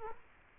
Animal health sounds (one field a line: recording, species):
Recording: mosquito wingbeat signal from an infrared sensor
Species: Culex quinquefasciatus